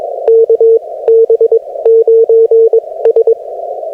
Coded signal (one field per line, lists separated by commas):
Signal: Morse code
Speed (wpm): 22 wpm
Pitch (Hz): 450 Hz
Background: radio noise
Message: KB9S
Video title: Cursed CW POTA Activation at Waveland State Historic Site using FT-891, ZM-2 and EFRW